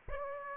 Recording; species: mosquito wingbeat signal from an infrared sensor; Aedes aegypti